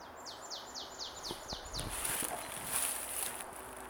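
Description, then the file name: Marsh tit, a rapid series of about seven high, descending notes in under two seconds, then rustling noise and a steady background hiss. "Poecile palustris"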